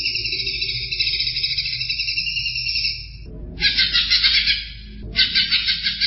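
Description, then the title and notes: Greater green leafbird delivers a long, even, buzzy trill, then switches to fuller, pulsing chattering phrases. Champion songbird. "Kicau Burung Cucak Ijo Juara. Suara kicauan burung cucak ijo"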